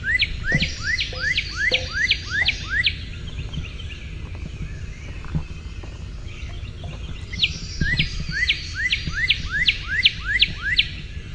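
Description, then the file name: Northern cardinal song: two bouts of rapid, evenly repeated slurred whistles separated by a quiet gap, with faint rumble underneath. "NOCA song"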